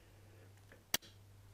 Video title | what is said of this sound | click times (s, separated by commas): Installing 405 Series Refillable Cartridges in an Epson WF 7300 Series Printer | and did you hear that click? | 0.9 s